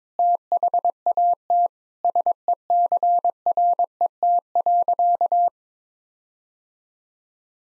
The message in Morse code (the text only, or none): THAT SECRET.